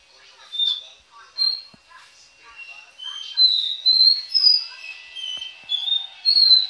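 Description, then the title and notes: Belgian canary song of pure whistled notes that build from scattered calls into a dense run of rising and falling tones. "Canario Belga, nyonyastudio"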